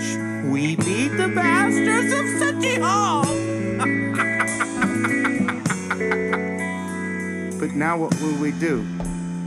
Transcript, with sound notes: we beat the bastards of City Hall!
[laughs] But now what will we do?